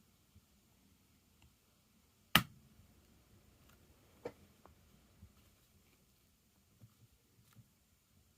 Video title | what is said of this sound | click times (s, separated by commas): Attaching Ankle Cylinders | So everything now is pretty much locked into place. | 2.4 s